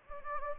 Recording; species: mosquito wingbeat signal from an infrared sensor; Anopheles gambiae